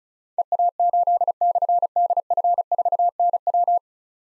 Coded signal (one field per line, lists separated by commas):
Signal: Morse code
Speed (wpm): 36 wpm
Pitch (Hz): 700 Hz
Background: none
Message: EA8/DF4NW